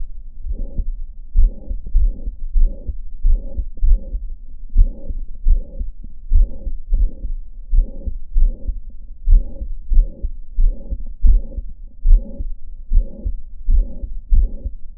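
Regular adult heartbeats heard through a stethoscope, with a low, rumbling murmur filling each beat, consistent with mitral regurgitation.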